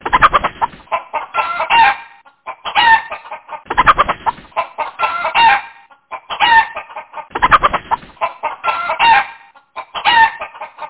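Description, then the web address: Chicken clucking in repeated bursts of harsh, rapid notes separated by brief pauses. "materska-skola antalova-zuzana. sliepka"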